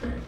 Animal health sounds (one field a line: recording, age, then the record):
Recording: pig call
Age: growing-finishing pig (85 days or more)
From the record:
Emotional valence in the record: negative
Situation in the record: barren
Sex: male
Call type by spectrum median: low-frequency call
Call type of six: low-frequency stable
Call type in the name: low-frequency stable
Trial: 4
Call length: 0.28 s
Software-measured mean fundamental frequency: 60 Hz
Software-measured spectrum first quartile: 114 Hz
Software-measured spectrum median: 262 Hz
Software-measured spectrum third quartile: 677 Hz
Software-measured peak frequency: 67 Hz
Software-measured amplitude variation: 102 dB a second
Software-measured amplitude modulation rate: 23.7 a second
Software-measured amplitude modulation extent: 4.3 dB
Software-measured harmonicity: -0.4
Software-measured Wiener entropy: -0.62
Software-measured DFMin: 1032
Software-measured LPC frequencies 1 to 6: 370, 1681, 3203, 4743, 5689, 6552 Hz